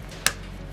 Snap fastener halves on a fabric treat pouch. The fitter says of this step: you hear that snap means you did it right